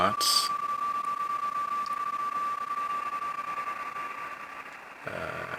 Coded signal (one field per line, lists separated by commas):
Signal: PSK31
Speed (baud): 31.25 baud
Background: speech, radio noise